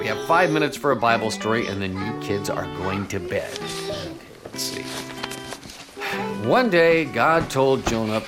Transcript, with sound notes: We have five minutes for a Bible story, and then you kids are going to bed! (pages turning) Let’s see... ‘One day God told Jonah..